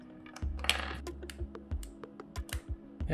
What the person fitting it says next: Yep, there you go, heard it click in.